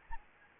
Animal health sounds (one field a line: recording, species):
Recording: mosquito wingbeat signal from an infrared sensor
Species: Anopheles arabiensis